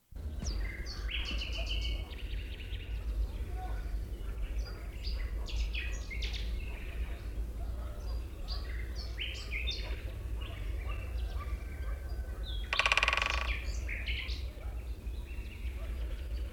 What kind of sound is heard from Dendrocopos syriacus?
drumming